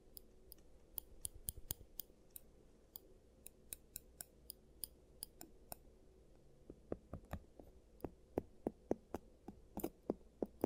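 Crisp clicks and snips from a giant-teeth treatment play over a low, steady hum, arriving in loose irregular runs about two or three per second. After the midpoint the taps grow louder and fuller, some ringing briefly with a light metallic tone.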